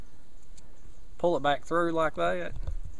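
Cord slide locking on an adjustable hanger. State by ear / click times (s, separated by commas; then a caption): not seated / none. Someone pulls the cord back through the adjustable slide of a hanger on a bushcraft rig while talking, and faint short ticks follow near the end. The clip ends before the slide locks into place, so nothing has seated yet.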